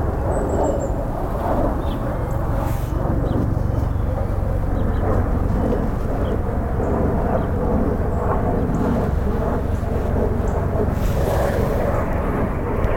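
Air traffic rumbles overhead in a park, a steady, dense low roar that holds level for the whole stretch, like a jet or helicopter passing. Brief brighter hisses break through around three seconds and again near eleven seconds.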